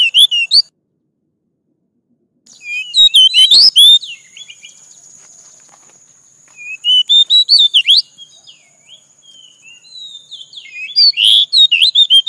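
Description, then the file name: Oriental magpie-robin delivering energetic, varied whistled phrases and chattering notes in several bursts across the recording. "Tieng chich choe than dat"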